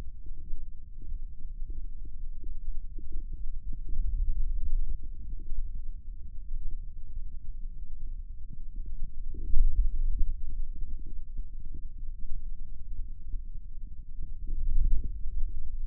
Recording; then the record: forearm muscle sounds (acoustic myography)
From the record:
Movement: hand opening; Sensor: system 2, bracelet of six BSWA MPA416 microphones around the upper forearm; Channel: 4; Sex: male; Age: 22 years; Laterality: right